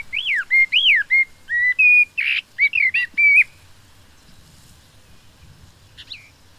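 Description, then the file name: Common blackbird song: a run of looping, fluty whistled notes with a harsher buzzy note in the middle, then quiet and one faint later note. "Turdus merula"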